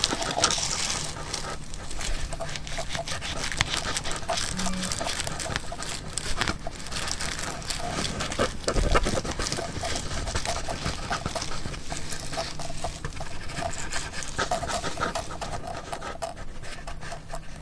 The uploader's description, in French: qui grattent ,frottent, machouillent